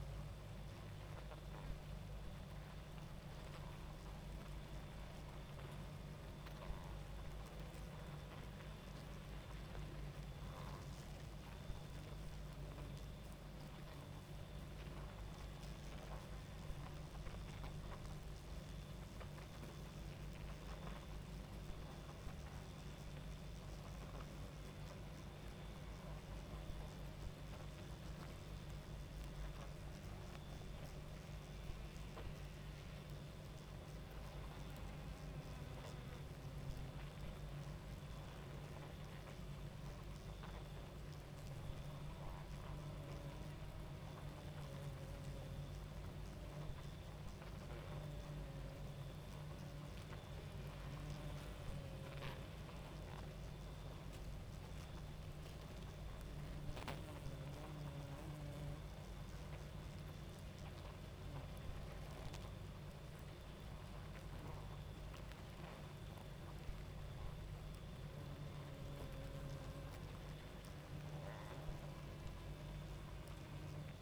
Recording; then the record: honeybee colony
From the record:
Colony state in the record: active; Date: 28 July 2017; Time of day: 23:12